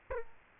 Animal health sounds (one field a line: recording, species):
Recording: mosquito wingbeat signal from an infrared sensor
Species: Culex quinquefasciatus